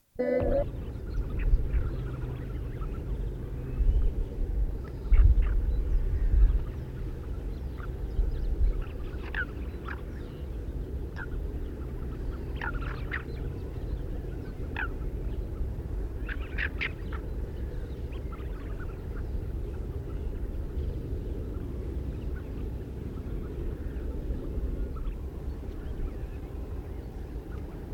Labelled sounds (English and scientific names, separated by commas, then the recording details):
Tufted Duck (Aythya fuligula) call
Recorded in the wild
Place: Liddower Haken, Insel Rügen, Mecklenburg-Vorpommern, DE
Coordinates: 54.5667, 13.3833
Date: 1970-03-04
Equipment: Nagra III BH, Sennheiser MD 21, parabola
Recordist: Schubert, Michael
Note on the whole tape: Reiherenten, besser im 2. Abschnitt, Liddower Strom